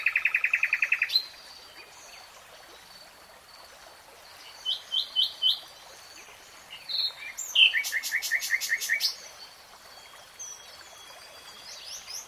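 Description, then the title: Nightingale song: a quick buzzy trill, scattered soft notes and short rolls, then a loud rapid phrase of repeated high notes and a quieter tail. Singing, from a three-hour real-time recording. "[Tiếng chim hót] 3 Hours REALTIME Nightingale Singing"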